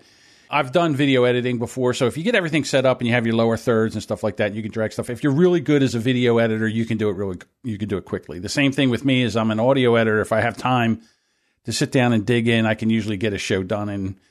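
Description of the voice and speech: An adult man talks fluently at a relaxed conversational pace, with a steady mid-low voice and only brief natural pauses. His articulation and voice quality are ordinary: typical adult speech.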